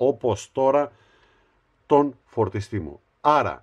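A clip-on USB charging cradle is being handled near the back of an Amazfit Stratos 2 smartwatch, over the strap-pin covers, while someone talks. Short bursts of speech are separated by pauses. Nothing has clicked or seated yet.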